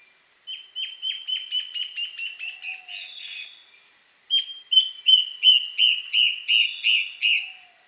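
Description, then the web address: Yellow-browed antbird giving two runs of quick downslurred whistled notes, the first softening toward its end, the second louder and evenly paced, with a steady high drone behind. "Yellow browed antbird. صدای-پرنده-مورچه-مرغ-ابرو-زرد"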